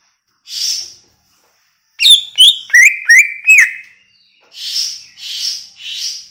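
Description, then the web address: Greater green leafbird song: a tight run of five loud, down-slurred whistled notes, preceded and followed by soft hissing, breathy noise bursts. Recorded in Banyuwangi; song described as gacor (vigorous, continuous singing). "cucak-ijo suara-cucak-ijo-banyuwangi-gacor"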